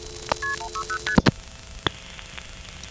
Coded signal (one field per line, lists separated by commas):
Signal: multi-frequency trunk signalling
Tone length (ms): 90 ms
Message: KP160ST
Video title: Dialing the "1xx" Codes from Greenville NC Coin Phones part 1, 1978;1980